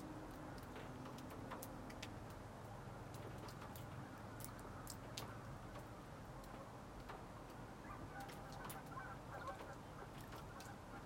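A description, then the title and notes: Meltwater drips from a snowy roof, short bright ticks and splats landing irregularly, several each second, for the whole eleven seconds. Beneath them runs a steady, dense low rumble like passing traffic, with faint bird calls now and then. Birds whistle and caw. Snow melts off the roof of a red cabin. Sparkling water droplets fall and make puddles of crystal on the snow covered ground.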